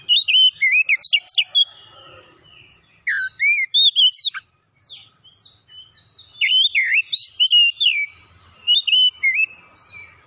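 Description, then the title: Oriental magpie-robin song: rapid varied whistles, rising and falling slurred notes and short chirps in bursts, with pauses after about two and four and a half seconds before resuming. Singing actively (gacor). "Kacer Poci"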